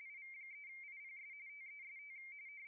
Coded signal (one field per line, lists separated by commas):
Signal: RTTY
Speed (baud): 45.45 baud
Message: IV3IPS TEST